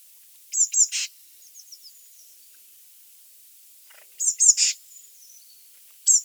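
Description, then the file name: Eurasian blue tit giving high thin notes followed by a buzzy note, with faint softer twitters between, the phrase returning after a pause. "Cyanistes caeruleus"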